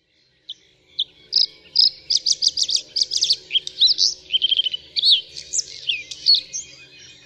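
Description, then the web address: Bluethroat song, a lively medley of high twittering notes, buzzy chirps and short whistles delivered in quick succession. "Ptaki Podróżniczek"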